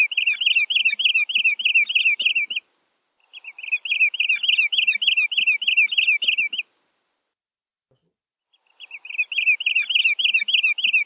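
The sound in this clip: Bird calling in three long bouts of fast, regular, looping chirps, each lasting a few seconds and separated by brief silences.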